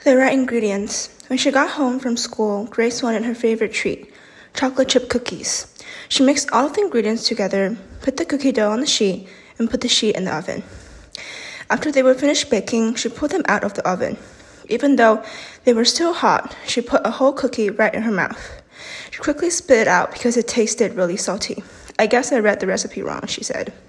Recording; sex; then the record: reading aloud after running; female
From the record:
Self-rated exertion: moderate exertion (3 of 6); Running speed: 5 miles an hour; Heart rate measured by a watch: 117 beats a minute at the start, 141 at the end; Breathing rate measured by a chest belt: 11 breaths a minute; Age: 18 years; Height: 171 cm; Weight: 75 kg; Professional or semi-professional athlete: no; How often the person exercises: 1 to 2 times a week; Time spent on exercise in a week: under 1 hour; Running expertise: no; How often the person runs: 1 to 2 times a week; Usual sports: running, fencing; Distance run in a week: 3 km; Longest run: 21.3 km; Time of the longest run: 190 minutes